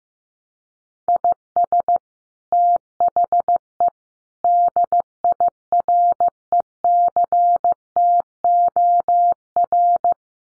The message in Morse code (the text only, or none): IS THE DIRECTOR